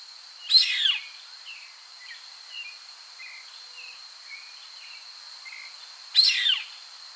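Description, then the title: Yellow-headed caracara giving two harsh, descending screeches several seconds apart over a steady high insect hum, with soft chirps between them. "LuckyPassaro Completos2Sama. Yellow-headed Caracara (Milvago chimachima)"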